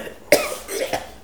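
An adult coughs once, abruptly.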